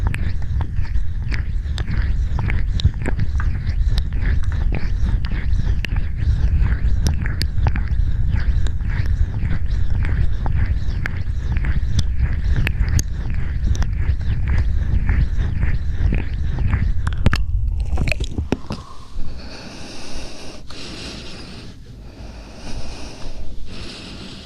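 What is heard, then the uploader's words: Close mouth sounds, dense wet clicks and smacks with low breathy rumble for eighteen seconds, then softer hissy breaths and sparse clicks. ASMR Close Mouth Sounds.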